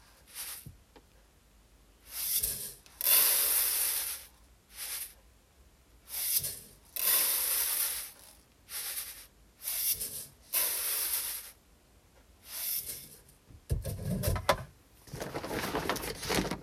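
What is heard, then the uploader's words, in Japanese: Hulled brown rice is checked by hand after sorting, heard as repeated bright, sandy rushes of grains sliding and pouring, each lasting about a second with short quiet gaps. Around fourteen seconds a denser, fuller rattle briefly takes over. 環境音 お米出荷準備(点検)。モミすり後のお米(玄米)を、選別機にかけ、モミの残りや草の実など最終を手作業でチェック。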